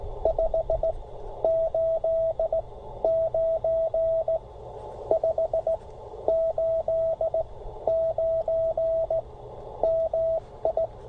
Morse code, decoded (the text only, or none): 589 589 MI